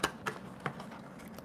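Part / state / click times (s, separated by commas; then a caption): paper box side tabs locking into the box base / seated / 0.0 s, 0.7 s. The side tabs of an assembled mini cardstock paper pumpkin box are pressed again into the box base. Sharp clicks sound at 0.0 s and 0.7 s as the tabs lock. The tabs seat and the box is assembled.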